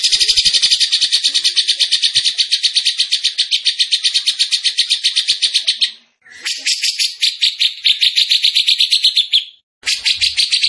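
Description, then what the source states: Bird song made of a fast, high, buzzy pulsed rattle that runs steadily for about six seconds, breaks off briefly, resumes, then pauses again near the end. Masteran training recording of a bird singing energetically (gacor) in tembakan style; Indonesia.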